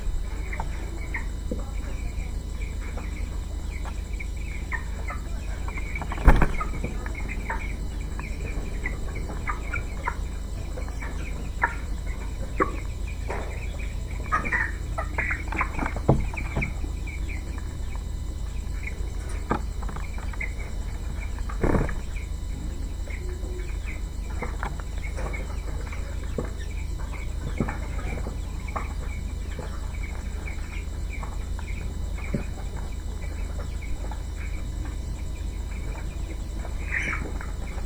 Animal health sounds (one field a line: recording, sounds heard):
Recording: poultry house recording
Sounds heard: healthy chickens